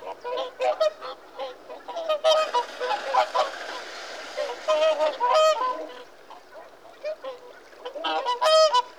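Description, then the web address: Whooper swans in a chorus of nasal, trumpeting honks, some notes drawn out and ringing, calling almost continuously with brief pauses. "The BBC Sound Effects Library. Whooper Swan (Cygnus Cygnus)"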